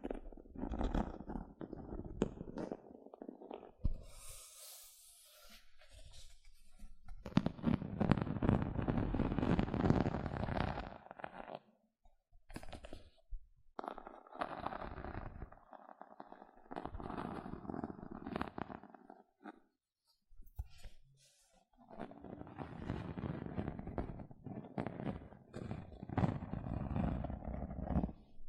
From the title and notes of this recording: ASMR 6 Tingly Gentle Scratching Sounds (No Talking).